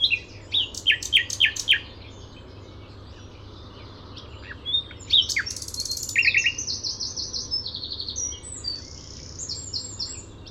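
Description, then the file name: Common nightingale song: repeated sharp chirps and clicks, then rapid buzzy trills and high whistled phrases that shift from one motif to the next. "Luscinia megarhynchos"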